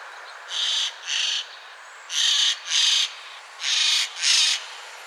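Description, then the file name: Eurasian jay harsh calls, rasping screeches given in pairs, three pairs about every one and a half seconds, with a steady hiss behind. "Garrulus glandarius"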